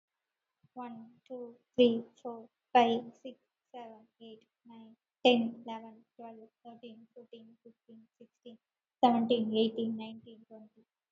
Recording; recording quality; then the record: counting at a normal pace; excellent, no background noise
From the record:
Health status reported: COVID-19 positive, moderate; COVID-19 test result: positive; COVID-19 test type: RT-PCR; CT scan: not taken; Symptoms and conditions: cough, sore throat, fever, muscle pain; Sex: female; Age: 30 years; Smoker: no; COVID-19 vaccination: both doses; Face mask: worn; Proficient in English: yes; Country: India